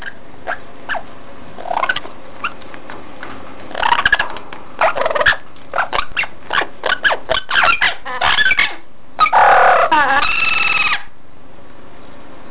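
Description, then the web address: Parrot calls: harsh squawks, clicks and short whistled notes in irregular bursts, with a longer chattering phrase near the end over a low steady hum. "попугай"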